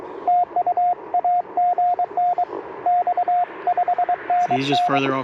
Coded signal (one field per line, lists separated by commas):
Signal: Morse code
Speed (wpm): 23 wpm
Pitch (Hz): 710 Hz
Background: speech, radio noise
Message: TU AGN X 5NN